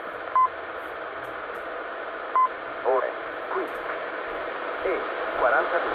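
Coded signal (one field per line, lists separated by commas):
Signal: radio time signal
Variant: ItalCable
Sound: two brief 1 kHz beeps two seconds apart in hissy shortwave static, faint warbly voices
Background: radio static, faint voices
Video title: 10000 kHz ItalCable Time Signal Station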